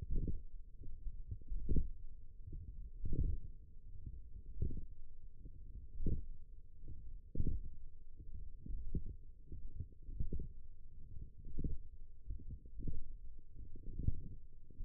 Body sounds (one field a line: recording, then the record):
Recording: forearm muscle sounds (acoustic myography)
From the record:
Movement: radial deviation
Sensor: system 1, eight BSWA MPA416 microphones around the upper forearm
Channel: 3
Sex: female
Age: 20 years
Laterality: right